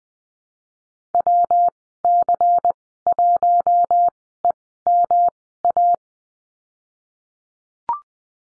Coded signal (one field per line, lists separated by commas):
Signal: Morse code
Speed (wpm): 20 wpm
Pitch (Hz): 700 Hz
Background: none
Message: WC1EMA